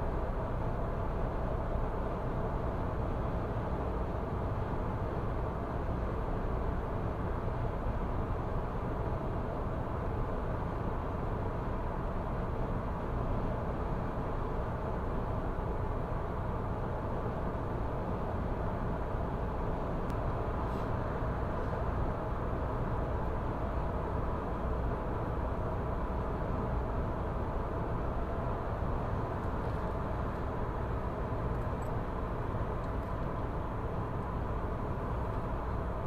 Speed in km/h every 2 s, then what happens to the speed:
106, 106, 106, 106, 106, 106, 106, 106, 106, 106, 106, 106, 106, 106, 106, 106, 106, 106.
0-36 steady at about 106.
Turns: none.